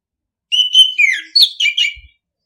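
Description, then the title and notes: Orange-headed thrush singing one fluent phrase of clear whistles, first level, then dipping and rising, broken into quick varied notes, with a soft thump at the end. Masteran (training) song in the ngeplong style. "ANIS KEMBANG NGEPLONG. Masteran Anis Kembang"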